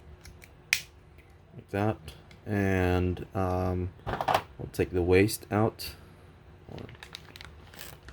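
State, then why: Seated. The chest panel of a Shinkalion Z 500 Eva-02 transforming toy robot is flipped down and folded into the torso, and it snaps locked into place with a sharp click at 0.7 s. Someone then talks, and a few faint, soft clicks follow near the end.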